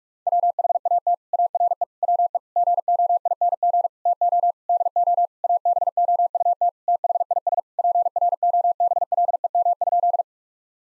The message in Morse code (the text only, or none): WHAT ARE WE GOING TO DO ABOUT THIS PROBLEM?